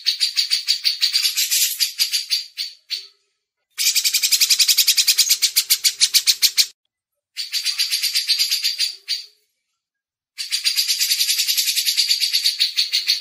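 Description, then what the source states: Grey-cheeked bulbul song: fast, harsh, buzzy notes repeated about three to four times a second, in long bursts broken by abrupt silent gaps. Masteran tutoring recording.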